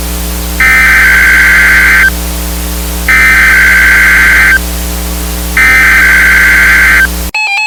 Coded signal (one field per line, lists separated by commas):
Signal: Emergency Alert System (SAME) tones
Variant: header bursts